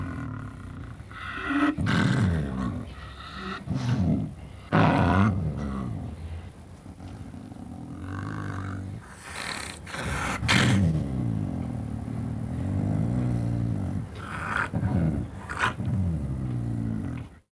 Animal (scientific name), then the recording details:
Uncia uncia. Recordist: Tembrock, Günter. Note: Laute gegen Beobachter